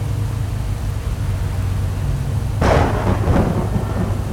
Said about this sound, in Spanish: Ya, vamos, que se está alargando a llover más fuerte.